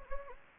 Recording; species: mosquito wingbeat signal from an infrared sensor; Anopheles gambiae